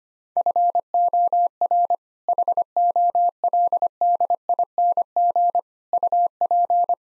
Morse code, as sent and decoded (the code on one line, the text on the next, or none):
..-. --- .-. / .... --- .-.. -.. .. -. --. / ..- .--.
FOR HOLDING UP